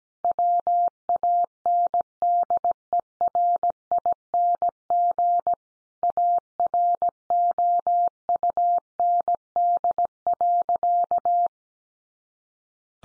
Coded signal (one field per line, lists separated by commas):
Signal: Morse code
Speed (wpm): 17 wpm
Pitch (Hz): 700 Hz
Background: none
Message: WANDERING AROUND.